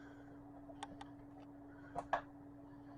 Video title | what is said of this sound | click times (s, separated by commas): WITH NEW RAM WILL IT P O S T? Channel PC Build Series | with a satisfying click to hear it go in | 2.1 s